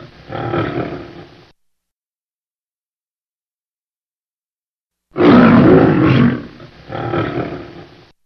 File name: Lion